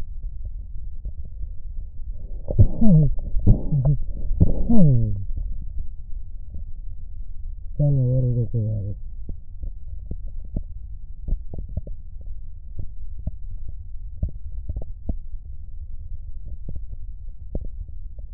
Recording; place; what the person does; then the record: lung sounds by stethoscope; right posterior basal chest; quiet breathing, then cough and speech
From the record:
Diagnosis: COPD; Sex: male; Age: 64 years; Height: 166 cm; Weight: 92.7 kg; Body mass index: 33.6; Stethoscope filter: extended mode